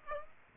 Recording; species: mosquito wingbeat signal from an infrared sensor; Aedes aegypti